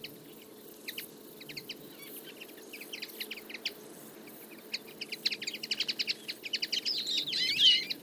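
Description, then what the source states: Common Linnet twittering calls, sparse at first then building into rapid chattering bursts near the end, several birds calling together. Flock of about fifty feeding in a field in late summer; calls, flights and autumn babbling; recorded for an hour with a single-microphone parabola.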